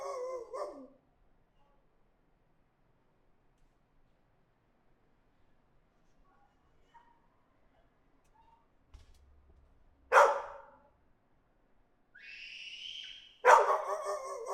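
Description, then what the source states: Dog giving short bark bursts separated by long pauses, with a brief higher whining or squeaky tone just before the final bark. Dog barking in an alley, recorded from a third-floor balcony.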